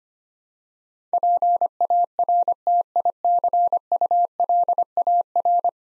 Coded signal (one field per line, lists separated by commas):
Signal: Morse code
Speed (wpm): 25 wpm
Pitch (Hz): 700 Hz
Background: none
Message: PARTICULAR